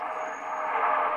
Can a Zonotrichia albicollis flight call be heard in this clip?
no